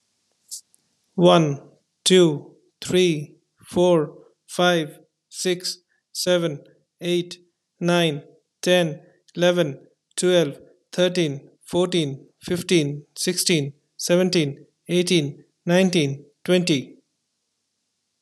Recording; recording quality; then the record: counting at a normal pace; excellent, no background noise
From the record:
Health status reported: healthy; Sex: male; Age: 42 years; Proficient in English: yes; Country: India